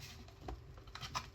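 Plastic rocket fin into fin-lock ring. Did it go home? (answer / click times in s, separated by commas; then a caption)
yes / 0.9 s. A plastic fin for an Aerotech Arreaux rocket is pressed into the fin-lock ring, with faint ticks and taps beforehand. A single sharp snap at 1.0 s shows the fin seating into both fin-lock slots at once rather than snapping twice.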